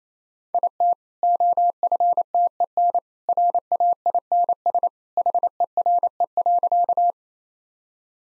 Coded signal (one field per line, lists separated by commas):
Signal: Morse code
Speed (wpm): 27 wpm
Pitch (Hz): 700 Hz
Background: none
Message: IT OFTEN RAINS HERE.